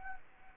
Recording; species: mosquito wingbeat signal from an infrared sensor; Anopheles arabiensis